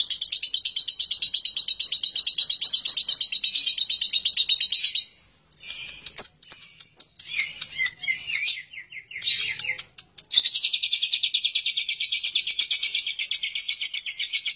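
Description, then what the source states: Lovebird ngekek song: a rapid high chattering trill that breaks midway into varied squeaky chirps and bursts, then resumes as a steady fast trill. Lovebird ngekek song style, long continuous chattering song used as a bait song to prompt other lovebirds to sing.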